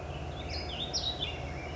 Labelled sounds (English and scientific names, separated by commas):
California Towhee (Melozone crissalis)